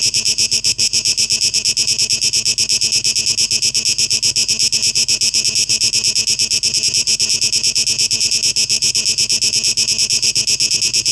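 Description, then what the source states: Cicadas in a loud, sharply pulsing high buzz, beating in rapid regular throbs without a break. 12 August 2023; tape echo mix.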